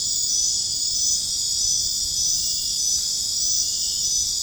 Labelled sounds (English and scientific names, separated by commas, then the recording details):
none
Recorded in dense forest near Puerto Asís, Putumayo, Colombia, on 29 June 2025 at 23:00
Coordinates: 0.481, -76.323
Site G072